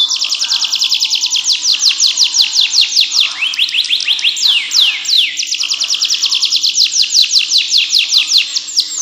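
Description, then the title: Canary song: long, fast trills of bright descending notes, steady rhythmic phrases with a few slower swooping notes mid-way. "Ini Baru Kenari!"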